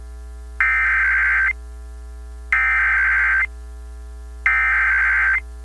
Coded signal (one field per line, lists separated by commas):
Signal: Emergency Alert System (SAME) tones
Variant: header bursts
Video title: TORNADO WARNING on WDSD-FM [EAS #1,500]